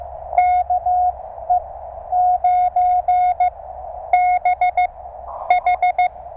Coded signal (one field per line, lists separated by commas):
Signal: Morse code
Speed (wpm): 15 wpm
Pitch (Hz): 690 Hz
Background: none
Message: KE9BH